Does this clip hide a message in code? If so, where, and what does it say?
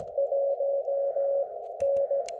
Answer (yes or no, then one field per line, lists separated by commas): yes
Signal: Morse code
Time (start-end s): 0.2-2.2 s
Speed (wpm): 17 wpm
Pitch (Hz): 560 Hz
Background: none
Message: 1 N